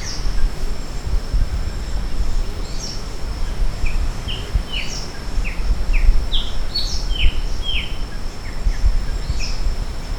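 Maratua bulbul giving brief downslurred whistled notes in loose succession, with a continuous high-pitched tone and low background rumble throughout.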